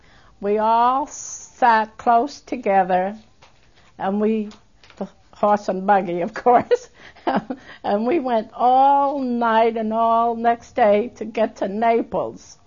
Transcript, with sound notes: We all sat close together and we, horse and buggy. ( she laughs ) Of course, and we went all night and all next day to get to Naples.